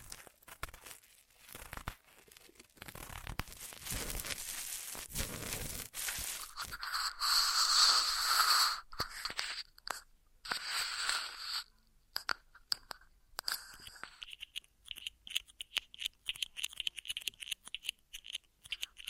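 Ear massage sounds: soft rubbing and crinkly scratching, denser and brighter in the middle, breaking into quick irregular taps and brushes near the end.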